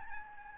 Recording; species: mosquito wingbeat signal from an infrared sensor; Aedes albopictus